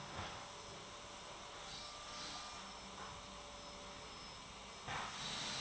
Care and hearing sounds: daily activity, microphone in the room; vacuum cleaning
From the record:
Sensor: 3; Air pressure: 1000.1 hPa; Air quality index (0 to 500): 136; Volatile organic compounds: 2 ppm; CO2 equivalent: 1210 ppm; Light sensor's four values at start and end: 40/101/43/47 and 40/102/43/47

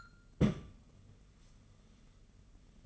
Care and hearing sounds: daily activity, microphone in the room; place on stove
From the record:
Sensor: 4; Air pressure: 995.2 hPa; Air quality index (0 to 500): 216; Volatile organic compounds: 262 ppm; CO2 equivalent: 4391 ppm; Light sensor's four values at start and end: 24/77/29/32 and 24/77/29/32

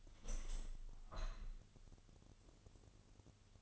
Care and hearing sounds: daily activity, microphone in the room; open window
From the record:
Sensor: 4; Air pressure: 1001.2 hPa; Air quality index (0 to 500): 175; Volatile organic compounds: 2 ppm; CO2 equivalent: 1249 ppm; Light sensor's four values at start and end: 12/27/11/11 and 12/27/11/11

